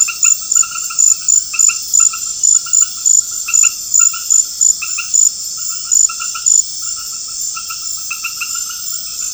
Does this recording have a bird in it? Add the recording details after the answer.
no. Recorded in pastures near Puerto Asís, Putumayo, Colombia, on 12 March 2025 at 20:30. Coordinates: 0.502, -76.324. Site GP07